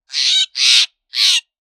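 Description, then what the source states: Jay giving three harsh, rasping screeches, each about a third of a second long, the last after a short pause. Coniferous forest.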